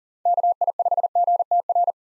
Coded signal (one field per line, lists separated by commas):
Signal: Morse code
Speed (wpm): 40 wpm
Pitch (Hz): 700 Hz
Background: none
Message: KI5GTR